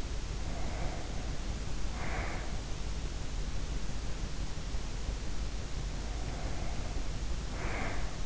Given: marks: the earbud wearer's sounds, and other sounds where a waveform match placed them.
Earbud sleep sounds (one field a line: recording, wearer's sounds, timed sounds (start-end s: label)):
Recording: sounds in sleep by an in-ear microphone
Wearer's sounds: breath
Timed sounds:
0.11-2.51 s: breath
6.13-8.26 s: breath